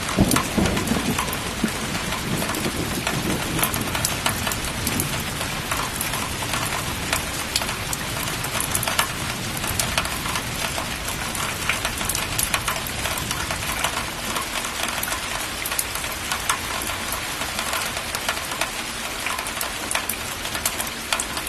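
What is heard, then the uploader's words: Steady, dense rain patters with sharp bright drips throughout, while a low rumble in the first half fades away after ten seconds. Rain & Thunder on a Private Island. Rainstorm ambience.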